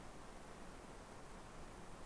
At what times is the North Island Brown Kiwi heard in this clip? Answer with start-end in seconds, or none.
none